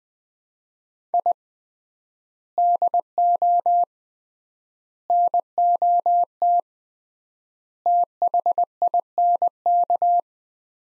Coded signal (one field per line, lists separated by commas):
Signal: Morse code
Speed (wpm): 20 wpm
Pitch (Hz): 700 Hz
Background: none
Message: I DO NOT THINK